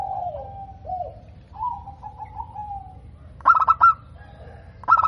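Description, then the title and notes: Zebra dove song: soft, lower drawn-out coos give way to two loud bursts of rapid, clipped cooing notes. Local perkutut (zebra dove), singing vigorously (gacor), with a clear, crystal-like, loud voice. "PERKUTUT LOKAL GACOR Suara KRISTAL LANTANG. Kicau Burung Perkutut"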